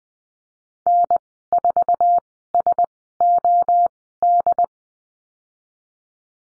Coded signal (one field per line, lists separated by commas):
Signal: Morse code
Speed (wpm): 20 wpm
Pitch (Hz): 700 Hz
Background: none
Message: N4SOD